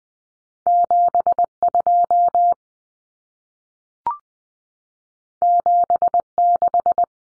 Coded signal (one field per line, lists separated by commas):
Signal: Morse code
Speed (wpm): 20 wpm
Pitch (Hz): 700 Hz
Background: none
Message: 72 76